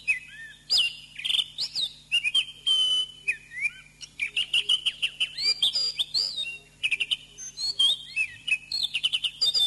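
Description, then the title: Oriental magpie-robin singing a lively medley of clear whistles, slurred notes and scratchy trills in quick succession, phrases tumbling one after another; low constant hum in the background. "Kicau Kacer"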